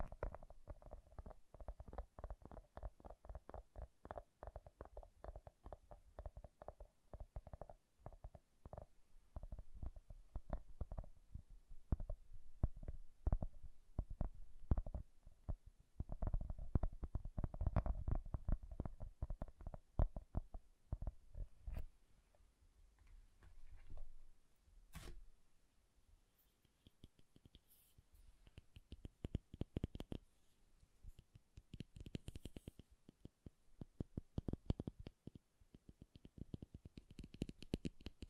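Soft, bassy tapping in dense, fast irregular bursts, heaviest around fifteen to twenty seconds, then sparser with faint brighter scratches later.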